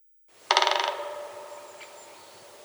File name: dyatel bolshoy pestryy golos